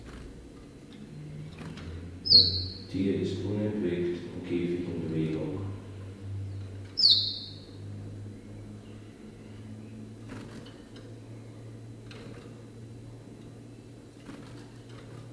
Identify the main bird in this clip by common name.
Common Chiffchaff